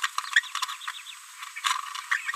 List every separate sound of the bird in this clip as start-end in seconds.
0.02-0.07, 0.33-0.42, 0.55-0.58, 0.62-0.65